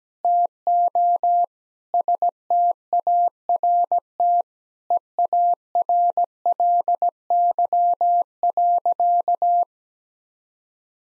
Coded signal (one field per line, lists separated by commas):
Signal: Morse code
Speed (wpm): 17 wpm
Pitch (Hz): 700 Hz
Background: none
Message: TO START EARLY.